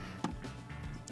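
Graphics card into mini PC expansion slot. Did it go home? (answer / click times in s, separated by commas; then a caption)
yes / 0.2 s, 1.1 s. A small graphics card is pushed down into its expansion slot inside an HP EliteDesk mini desktop PC, giving a crunchy click at 0.2 s and a second sharp click at 1.1 s over faint background music. The card clicks into place and is seated in the slot.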